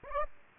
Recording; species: mosquito wingbeat signal from an infrared sensor; Aedes aegypti